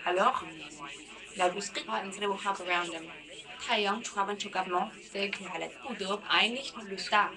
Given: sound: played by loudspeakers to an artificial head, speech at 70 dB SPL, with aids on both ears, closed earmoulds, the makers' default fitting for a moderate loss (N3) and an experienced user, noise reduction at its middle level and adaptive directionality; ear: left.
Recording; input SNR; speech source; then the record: speech test signal (ISTS) in cocktail-party noise; +9 dB; on the right (90 degrees)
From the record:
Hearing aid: class 2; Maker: E